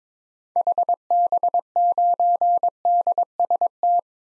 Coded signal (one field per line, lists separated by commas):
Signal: Morse code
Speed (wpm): 22 wpm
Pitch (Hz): 700 Hz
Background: none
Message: HB9DST